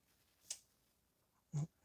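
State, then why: Seated. On a 2012 Ford Fusion 2.5, a replacement LED headlamp bulb is twisted and pushed one-handed into the plastic headlamp housing in the tight engine bay, giving a sharp, bright click at 0.5 s as it locks in place. About a second later comes a duller, lower-pitched thump lasting roughly a tenth of a second. The bulb is seated.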